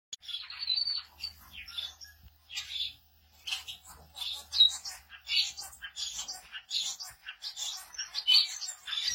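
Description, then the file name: Society finch chatter: short high chirps and buzzy notes in separate bursts, some squeaky, with a faint low hum from about one to four seconds. "canto do bengalim do japao"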